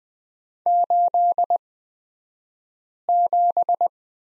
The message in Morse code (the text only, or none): 87